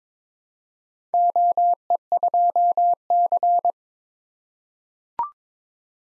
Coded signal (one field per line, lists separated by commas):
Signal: Morse code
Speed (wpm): 22 wpm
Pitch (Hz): 700 Hz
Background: none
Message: OE2C